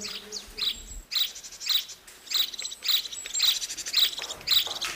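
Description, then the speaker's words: House Sparrow chirping: short bright chirps repeated roughly twice a second. Sounds heard coming from a hedge. "Jak usłyszycie w żywopłocie takie dźwięki, to są dźwięki wróbla."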